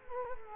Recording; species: mosquito wingbeat signal from an infrared sensor; Culex quinquefasciatus